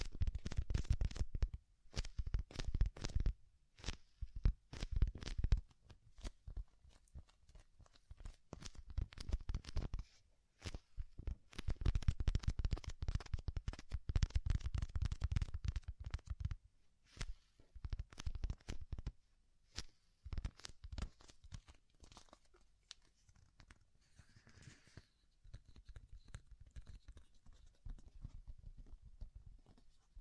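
Soft, fluffy ear-tingle triggers, made of rapid bursts of rubbing and scratching in dense clusters with short pauses between them. The sound is full, with a deep low thump and a crisp top. Quieter, sparser brushing fills the last ten seconds.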